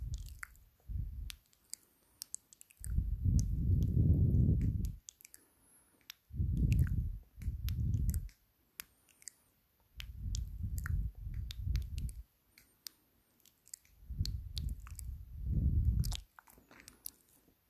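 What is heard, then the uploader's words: Mouth sounds with heavy breathing: deep, low breaths come in long swells about every two to three seconds, with near-silent pauses between. Wet clicks, smacks and squishy chewing-like ticks are scattered throughout, some landing inside the breaths. Mouth Sounds with heavy breathing ASMR.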